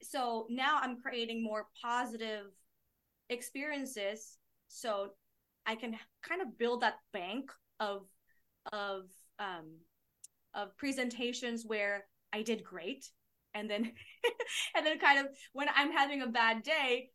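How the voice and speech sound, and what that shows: A 37-year-old woman who has stuttered since childhood speaks at a moderate pitch with frequent pauses, repeating "of" several times and "and then" twice, with a filler and stretched sounds between the repeats. These whole-word repetitions, prolongations and hesitations fit a mild adult stutter.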